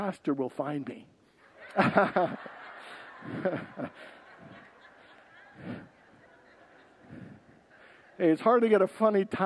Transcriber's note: congregants laugh